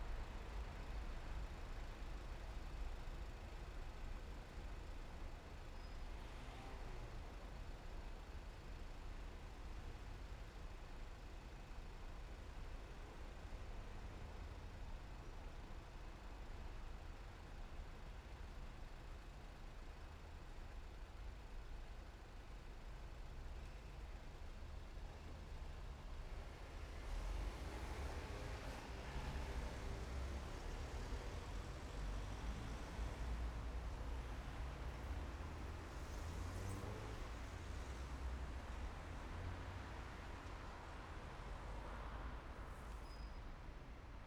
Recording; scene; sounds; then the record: everyday scene through a hearing-aid microphone; in traffic; traffic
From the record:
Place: main city hub, rush hour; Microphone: behind the ear, right, front